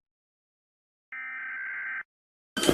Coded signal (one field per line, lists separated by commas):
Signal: Emergency Alert System (SAME) tones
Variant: header bursts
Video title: rating eas alarm of America state